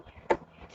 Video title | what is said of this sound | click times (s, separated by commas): Budget PC with Power!!! AMD Build | in clicks into place and we're done | 0.3 s